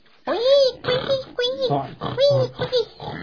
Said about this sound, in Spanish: Puercos guaguas, sí, jugando en el charco. Un charco de agua, unos bonitos puercos eran.